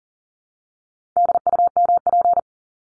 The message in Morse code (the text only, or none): DUMP